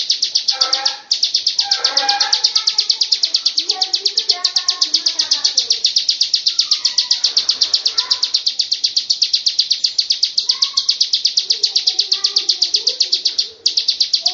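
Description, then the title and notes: Bird singing in short bursts of chattering notes and warbles, set against a continuous rapid high-pitched pulsed buzz, with brief breaks in the buzz near the start and end. "Bird Sound. Kicau Burung Lengkap"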